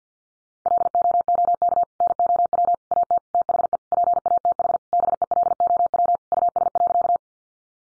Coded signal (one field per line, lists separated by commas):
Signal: Morse code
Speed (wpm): 48 wpm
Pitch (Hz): 700 Hz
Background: none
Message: LOOK NOW AT THE PATH BELOW US.